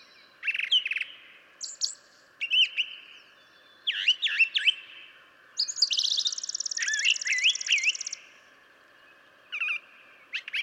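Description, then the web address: Brown Thrasher singing varied phrases with short pauses between; warbled slurred notes, high chips and a long fast buzzy rattle in the middle. "birdsongforthecurious Brown Thrasher"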